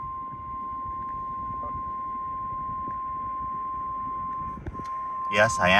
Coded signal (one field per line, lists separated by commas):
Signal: Emergency Alert System (SAME) tones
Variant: 1050 Hz attention tone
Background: speech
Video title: EAS Activation - Tornado Watch